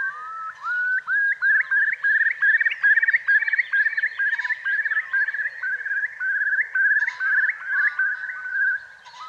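Curlew calls: a fast run of rising whistled notes near the same pitch, in quick succession, with a rolling, bubbling feel.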